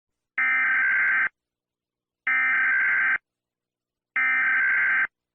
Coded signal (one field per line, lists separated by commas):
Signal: Emergency Alert System (SAME) tones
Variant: header bursts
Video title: EAS Scenario - The Deadly Big One (Part 2)